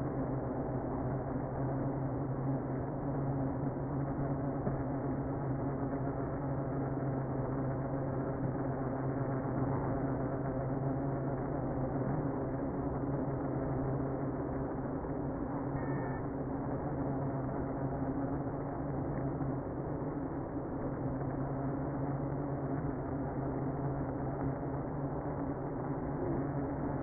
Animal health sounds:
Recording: honeybee colony, microphone inside the hive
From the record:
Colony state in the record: queenless (queen removed)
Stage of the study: after two queens were removed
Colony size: about 60,000 bees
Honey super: yes

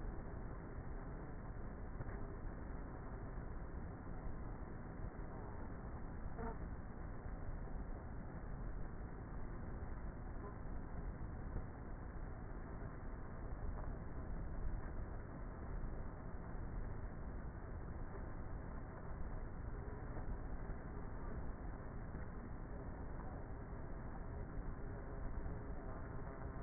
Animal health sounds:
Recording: honeybee colony, microphone inside the hive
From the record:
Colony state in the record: queenless with a low population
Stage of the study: before two queens were removed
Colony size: about 30,000 bees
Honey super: no

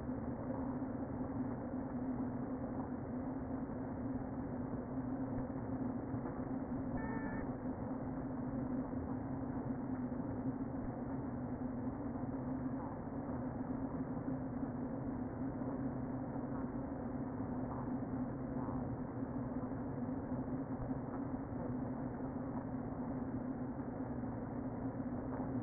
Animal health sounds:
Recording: honeybee colony, microphone inside the hive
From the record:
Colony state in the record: queen present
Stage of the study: before two queens were removed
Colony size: about 60,000 bees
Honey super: yes

